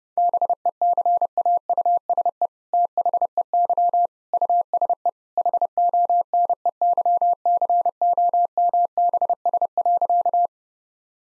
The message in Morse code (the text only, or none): BECAUSE THEY USE HONEYCOMBS.